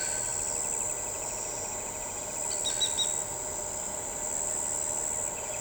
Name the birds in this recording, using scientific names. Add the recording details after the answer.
Dendroplex picus, Synallaxis candei. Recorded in shrubland near Pivijay, Magdalena, Colombia, on 15 April 2023 at 05:30. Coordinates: 10.453, -74.365. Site P5-G022